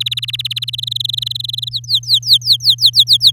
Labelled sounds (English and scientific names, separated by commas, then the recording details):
Domestic Canary (Serinus canaria) song
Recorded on 7 May 2018 at 05:40
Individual llb16